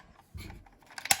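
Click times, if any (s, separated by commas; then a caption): 1.1 s. A plastic door on a toy spaceship is closed onto its hook. After a low rustle and a few faint ticks, it snaps sharply back into place at 1.1 s, and the door is seated.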